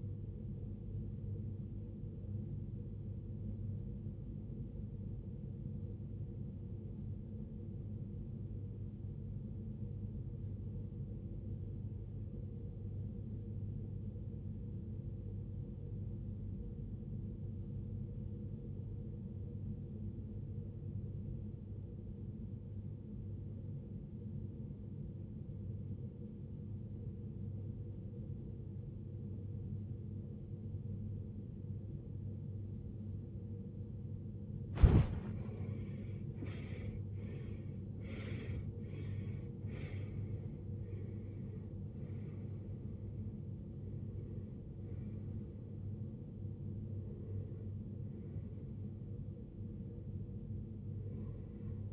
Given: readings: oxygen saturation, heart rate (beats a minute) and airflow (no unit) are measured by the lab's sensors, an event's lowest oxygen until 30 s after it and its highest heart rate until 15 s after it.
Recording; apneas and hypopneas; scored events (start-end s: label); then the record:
breathing in sleep by a smartphone at the bedside; 1
3.00-38.00 s: obstructive apnea (REM, oxygen 94% highest, then 78% lowest, heart rate 66 at the start, 73 highest)
29.00-51.93 s: new sleep stage, N1 (lightest sleep)
From the record:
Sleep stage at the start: REM sleep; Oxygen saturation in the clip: 82 to 94%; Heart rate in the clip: 44 to 73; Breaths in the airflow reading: 6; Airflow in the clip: -20.1 to 16.4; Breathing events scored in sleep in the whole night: 389 in 6.3 hours asleep